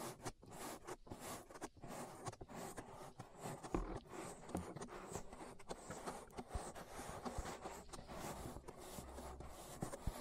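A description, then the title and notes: Ear massage sounds made of dense, continuous rubbing and scraping, like fingers or fabric brushed across a microphone. The texture is busy and uneven, with frequent quick swipes, a few sharper scratchy bursts, and soft low thumps now and then. ASMR Relaxing Ear Massage.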